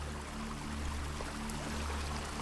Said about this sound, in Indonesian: Deru suara arus sungai di pinggir bangunan itu menjadi hal yang biasa, apalagi ketika hari sudah mulai malam.